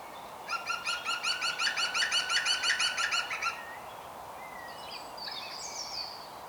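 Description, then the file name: European green woodpecker opening with a rapid series of bright, laughing notes lasting about three seconds, then a few faint high notes. "Groene Specht Picus viridis"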